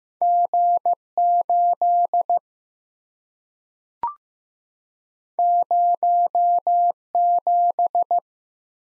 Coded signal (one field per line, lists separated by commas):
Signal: Morse code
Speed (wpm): 15 wpm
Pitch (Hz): 700 Hz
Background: none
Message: G 8 0 7